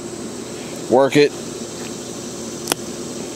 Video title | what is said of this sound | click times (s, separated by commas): tech tip sunday. baking rc tire removal | just pull you can hear it pop Don't Force nothing | 2.7 s